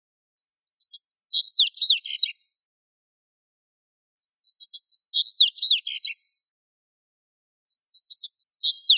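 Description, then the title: Bird song, high twittering phrase with rapid notes and a falling sweep, repeated about every three and a half seconds in silence. "LuckyPassaros CompletosSama"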